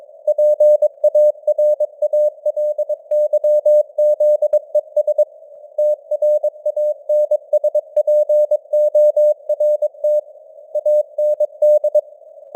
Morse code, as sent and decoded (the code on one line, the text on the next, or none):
.--. .- .-. .- .-.. -.-- --.. . ... / - .-. .- -. ... .--. --- .-. - / .- -. -..
PARALYZES TRANSPORT AND